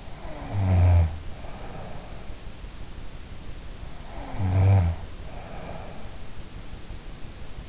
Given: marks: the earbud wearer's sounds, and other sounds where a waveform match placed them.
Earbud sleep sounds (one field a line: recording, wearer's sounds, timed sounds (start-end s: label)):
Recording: sounds in sleep by an in-ear microphone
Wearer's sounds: snoring breath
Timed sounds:
0.00-2.43 s: snoring breath
4.24-6.17 s: snoring breath